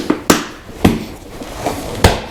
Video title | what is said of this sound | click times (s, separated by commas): Quality Adventure Riding Boots for $159.99? YUP!. Sedici Garda | Buckles feel like they snap in place nice and firm. | 0.3 s